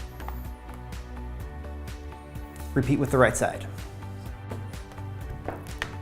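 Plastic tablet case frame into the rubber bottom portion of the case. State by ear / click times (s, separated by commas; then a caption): seated / 5.8 s. Someone talks over quiet background music while the hard plastic inner frame of a Gumdrop DropTech rugged case for an Acer Tab 10 tablet is slid upward with both hands under the rubber edge of the case's bottom portion. A few soft handling rustles lead to a sharp snap at 5.8 s as the frame seats under the rubber edge.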